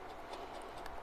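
A mounting screw is driven into a PC case or motherboard with a screwdriver whose magnet has weakened. Against a steady low background, a short sharp click sounds at 0.9 s. The screw still does not seat fully.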